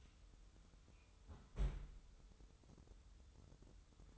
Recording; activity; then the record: daily activity, microphone in the room; close fridge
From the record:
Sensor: 3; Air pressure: 988.4 hPa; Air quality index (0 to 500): 193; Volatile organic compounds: 282 ppm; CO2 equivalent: 4440 ppm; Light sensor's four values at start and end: 24/75/31/27 and 24/75/31/27